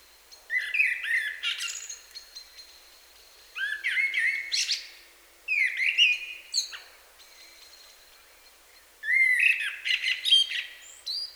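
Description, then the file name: Common blackbird singing: four separate phrases of low fluted whistles and high, squeaky twittering, with pauses of under a second to about two seconds between them. "Turdus merula"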